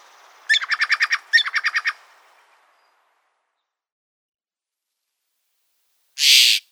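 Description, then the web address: Steller's jay giving two quick bursts of harsh, repeated notes, about six each, followed by silence and a brief burst of noise near the end. "Zoo Field Guide. Steller's Jay"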